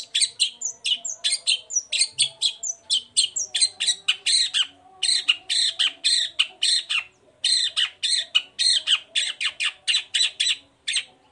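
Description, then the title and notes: Long-tailed shrike song of rapid, harsh, repeated notes, about four per second, in long runs with brief pauses. Bird singing in the morning with varied 'toet toet' notes, used as a lure to provoke other long-tailed shrikes into answering and singing along. "Langsung NYAUTTTTT ! Cendet Gacor Dor Di Kala Pagi Toet Toet Variasi Suara. Pancingan Emosi Cendet Gacor Full Variasi Toet Toet Bikin Nyaut Cendet Lain Langsung Ikutan Bunyi. Burung cendet"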